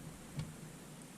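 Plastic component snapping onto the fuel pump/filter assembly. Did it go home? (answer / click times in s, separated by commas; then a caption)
yes / 0.4 s. A plastic component on the fuel pump and filter assembly of a 2012 Outback, being reinstalled during a fuel filter change, is lined up so its side tabs match the flat spots and pressed into its slots. A single short snap is heard at 0.4 s over a steady low background hum. The part is now seated properly.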